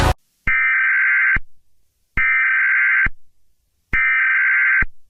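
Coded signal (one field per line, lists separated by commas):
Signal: Emergency Alert System (SAME) tones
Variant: header bursts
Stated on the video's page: Fictional EAS scenario.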